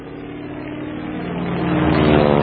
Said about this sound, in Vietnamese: Phía cuối sông, tiếng tàu Mỹ tuần tra chăng dẳng, lúc gần, lúc xa.